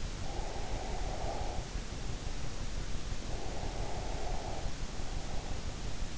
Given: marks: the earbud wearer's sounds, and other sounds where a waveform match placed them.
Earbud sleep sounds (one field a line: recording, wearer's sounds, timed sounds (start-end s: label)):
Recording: sounds in sleep by an in-ear microphone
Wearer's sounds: breath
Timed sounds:
0.23-2.35 s: breath
3.28-5.52 s: breath